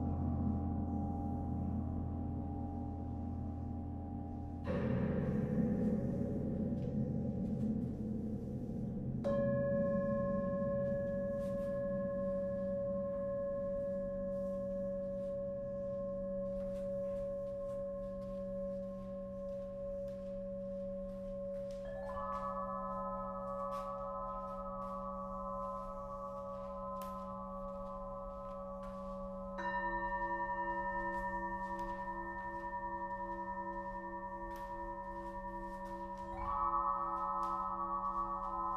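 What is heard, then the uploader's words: A sound bath of singing bowls and gongs: struck tones at about 5, 9, 22 and 30 seconds ring on, layering into a steady sustained drone. Sound Bath #008: Ravina Daswani. Recorded in December 2022, the paint had just dried in her new space and not all of her instruments were there. Each hit from other bowls shaped the sound in such unique ways. It was my first time for me to record a gong bath and I was surprised at how much power it had.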